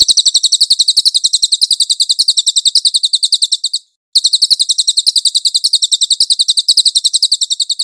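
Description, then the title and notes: Cililin song: a long, high, rapid chattering trill, briefly cut by a short pause midway, then resuming at the same fast pace. Nonstop cililin song for cage-bird training. "SUARA BURUNG CILILIN. CICILIN"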